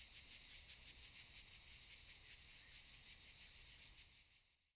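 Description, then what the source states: Cicadas singing: a dense, high, hissing buzz that pulses about three times a second, steady throughout and fading slightly at the very end. Cicadas recorded around 18:40 in the evening on Monte de Valdelatas near the Universidad Autónoma de Madrid, while the city had not yet reached Phase 3 of COVID de-escalation.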